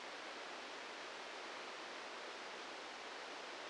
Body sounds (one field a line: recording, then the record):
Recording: brain microelectrode recording played as sound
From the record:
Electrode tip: outside the subthalamic nucleus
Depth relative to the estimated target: 2 mm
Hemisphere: left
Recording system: NeuroSet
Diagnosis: Parkinson's disease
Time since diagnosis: 8 years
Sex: male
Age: 46 years